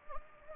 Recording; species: mosquito wingbeat signal from an infrared sensor; Anopheles gambiae